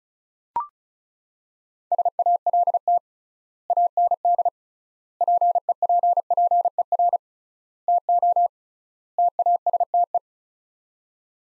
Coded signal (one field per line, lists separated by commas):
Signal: Morse code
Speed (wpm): 36 wpm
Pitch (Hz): 700 Hz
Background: none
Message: SALT AND PEPPER TO TASTE